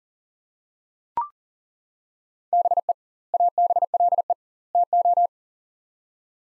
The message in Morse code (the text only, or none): BE ABLE TO